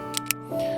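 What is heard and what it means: An original silicone ear tip is pulled off the oval nozzle of an AirPods Pro earbud, being replaced because the stock tip gets slippery with oily or sweaty ears and the earbud keeps falling out. Over steady background music that swells slightly after 0.5 s, two sharp clicks are heard at 0.2 s and 0.3 s as the tip releases from the nozzle.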